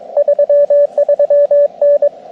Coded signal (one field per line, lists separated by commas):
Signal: Morse code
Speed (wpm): 24 wpm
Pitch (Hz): 590 Hz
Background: radio noise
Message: 33N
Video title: Overlook Mountain SOTA